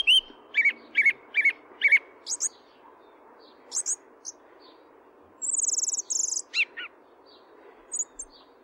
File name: Song Thrush